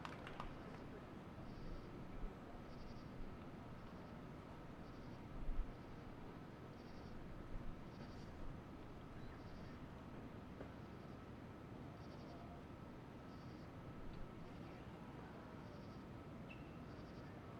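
Crickets chirp in steady, regular pulses over a constant low rumble of passing trains, with a faint thin tone and occasional soft knocks.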